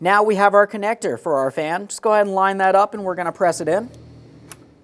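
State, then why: Seated. A plastic electrical connector for the radiator fan on a 2008-2017 Mitsubishi Lancer 2.4L L4 is lined up and pressed into the cooling fan motor while someone talks. A single short, sharp click is heard at 4.5 s, and the connector is seated.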